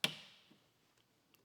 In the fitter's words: and that's locked in.